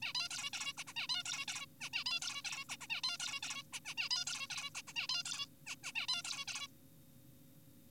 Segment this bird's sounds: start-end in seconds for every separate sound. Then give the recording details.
0.02-0.13, 0.15-0.29, 0.31-0.50, 0.53-0.73, 0.78-0.84, 0.87-0.94, 0.96-1.07, 1.09-1.23, 1.26-1.46, 1.48-1.66, 1.81-1.90, 1.93-2.04, 2.06-2.20, 2.22-2.42, 2.45-2.65, 2.69-2.76, 2.81-2.87, 2.90-3.01, 3.04-3.18, 3.20-3.40, 3.43-3.63, 3.73-3.80, 3.85-3.94, 3.98-4.08, 4.11-4.24, 4.27-4.47, 4.50-4.70, 4.75-4.82, 4.88-4.93, 4.96-5.07, 5.09-5.23, 5.26-5.46, 5.67-5.76, 5.84-5.92, 5.96-6.06, 6.08-6.22, 6.25-6.45, 6.48-6.68. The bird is an adult. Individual g4p5U